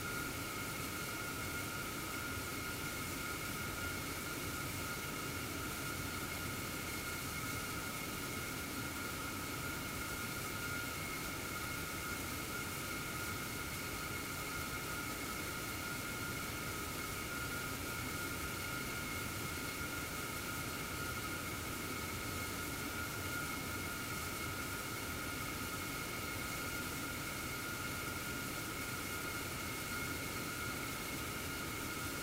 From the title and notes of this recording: ESA ESTEC Test Centre Sounds: CHEOPS space telescope acoustic testing (Mic 8). The majority of ESA spacecraft and satellites are tested at the ESA ESTEC Test Centre in Noordwijk, the Netherlands. This is the sound of ESA's CHEOPS - CHaracterising ExOPlanet Satellite - being tested in the Large European Acoustic Facility (LEAF).